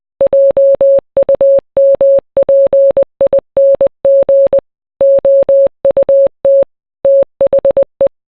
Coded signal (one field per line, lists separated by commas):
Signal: Morse code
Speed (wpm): 20 wpm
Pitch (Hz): 550 Hz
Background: none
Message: JUMPING OUT THE